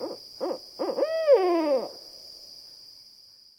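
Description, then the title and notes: Barred owl hooting: three short arched hoots followed by a longer drawn-out hoot that slides downward at the end; a steady high whine runs underneath. Pair of wild Barred Owls giving emphatic hoots on a still winter night; vocal courtship that begins in winter. "The emphatic hoots of a pair of Barred Owls resonate in the still of a winter's night. Like many owls, Barred Owls initiate their vocal courtship in winter."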